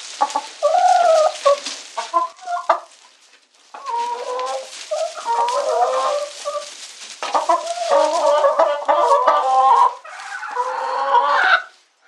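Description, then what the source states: Chicken calls: loud harmonic squawks and cackling clucks run almost continuously, with a brief pause early on and a long drawn-out squawk near the end. Domestic chicken.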